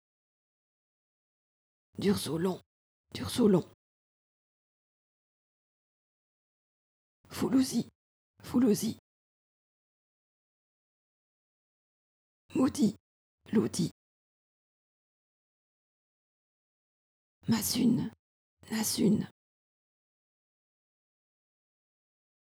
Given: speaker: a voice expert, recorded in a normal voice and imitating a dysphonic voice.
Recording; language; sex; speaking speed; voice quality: pseudo-word pairs; French; female; fast speed; dysphonic voice